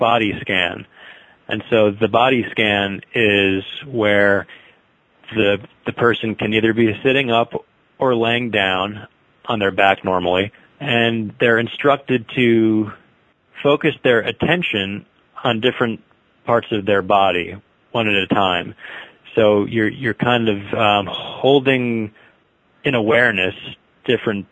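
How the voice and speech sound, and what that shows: An adult man explains a mindfulness body scan exercise in mostly smooth speech, with several stretched sounds, a repeated "the", and hesitant pauses. These are stuttering moments, worked through with a pull-out technique that releases tension in a relatively easy way rather than forcing through the block.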